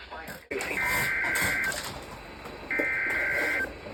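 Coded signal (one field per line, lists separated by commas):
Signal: Emergency Alert System (SAME) tones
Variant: header bursts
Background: speech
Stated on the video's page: Real EAS alerts received during summer 2025, compiled into a mock Nintendo Direct presentation.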